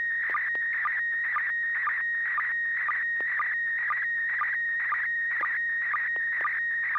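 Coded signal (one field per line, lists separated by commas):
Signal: SSTV (slow-scan television)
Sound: warbling tone near 1.9 kHz with a short low blip about twice a second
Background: FM radio hiss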